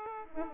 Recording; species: mosquito wingbeat signal from an infrared sensor; Aedes aegypti